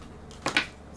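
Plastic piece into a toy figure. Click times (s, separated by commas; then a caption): 0.6 s. A plastic piece is pushed onto a plastic toy figure, giving a soft tap at 0.5 s followed by a sharper, louder click at 0.6 s. The piece still does not fully seat, and the toy seems faulty.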